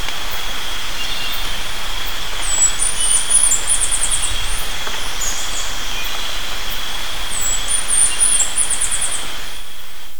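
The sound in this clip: Bird calls: two bursts of very high, quick twittering notes, several seconds apart, over loud, steady low rumbling noise and a constant tonal hum.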